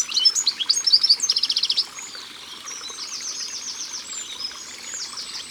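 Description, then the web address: Eurasian blue tit giving high, thin notes that run into a fast buzzy trill, followed by softer trills, over the steady rush of flowing water. "Mesange bleue Au bord de leau. album au-bord-de-leau"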